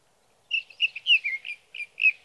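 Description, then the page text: Sage thrasher song, a rapid stream of short, slurred, warbled notes with little pause between them. Male singing through the night near his night roost, evenings June 12 to mornings June 15, 2018, Sierra Valley, California; recorded with a Swift recorder. "Sage thrasher songs, through the night. For three nights, from the evening of June 12 to the morning of June 15, 2018, in Sierra Valley, California, I placed a Swift recorder near a male's night roost."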